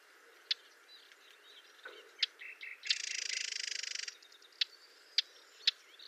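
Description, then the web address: Spectacled warbler producing scattered high clicks and a single harsh, grating rattle of over a second. "chant xeno-canto fauvette a lunettes"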